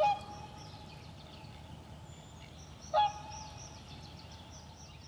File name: Wilde Zwaan Cygnus cygnus